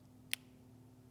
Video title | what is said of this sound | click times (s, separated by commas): 4th Gen Toyota Tacoma Sequential Turn Signal Install | by putting this plunger side up and pushing down until you hear a click | 0.3 s